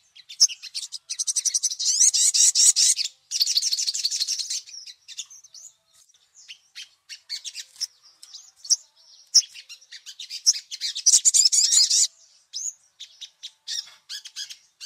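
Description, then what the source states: Little spiderhunter song with two long, fast rattling sequences of shrill repeated notes, separated by looser runs of high chirps and ticks. Masteran for training songbirds; the 'Labaik' song variety.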